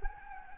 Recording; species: mosquito wingbeat signal from an infrared sensor; Anopheles gambiae